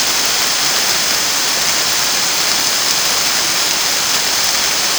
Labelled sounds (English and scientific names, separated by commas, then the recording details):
none
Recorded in dense forest near Puerto Asís, Putumayo, Colombia, on 29 June 2025 at 13:00
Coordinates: 0.486, -76.317
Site G065